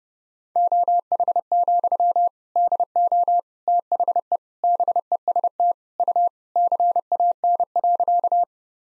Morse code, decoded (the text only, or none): OH, DO THE BEST U CAN.